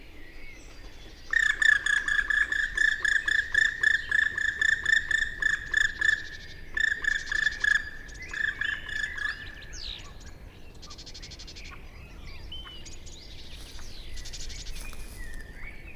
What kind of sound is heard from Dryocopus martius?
flight call